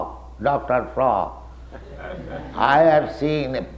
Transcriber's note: laughter